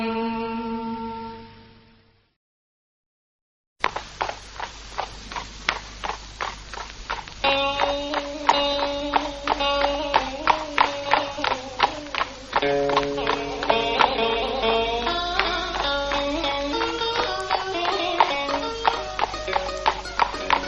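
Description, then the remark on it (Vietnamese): A fading tone drops into brief silence, then horse hooves clip-clop in a steady, even rhythm beneath bright, sustained melodic music that stays fairly loud to the end. “Hãy cho ngựa quay về hướng đông, để ta dâng thăm đủ bông cửa thành trong buổi chiều du ngoạn.”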